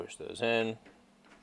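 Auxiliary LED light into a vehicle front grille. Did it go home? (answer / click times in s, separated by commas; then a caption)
no / none. Someone talks while Mabett auxiliary LED grille lights are handled for pushing into the plastic grille slots on a Bronco Badlands front grille. A faint, soft tick comes near the end of the clip. Nothing has seated or clicked yet, and the clip ends before the light goes home.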